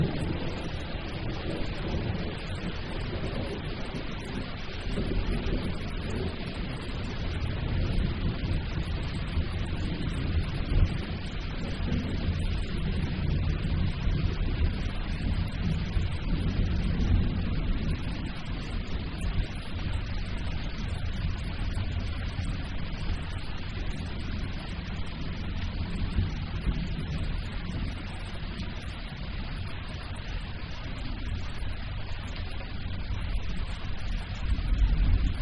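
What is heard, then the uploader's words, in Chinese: Thunder rolls on without a break, a deep, heavy rumble that fills the low end for the whole stretch. The loudness stays fairly even, swelling slightly around the middle, with a soft hiss like rain above it and no sharp cracks. 自然·白噪音 - 雷之声。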